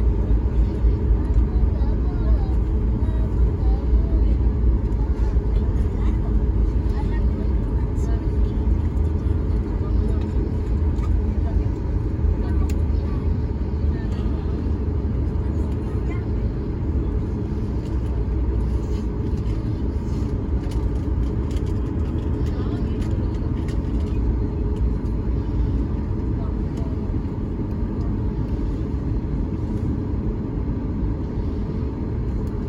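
Sounds of takeoff: a steady, dense low roar that eases slightly over time, with faint voices murmuring in the background.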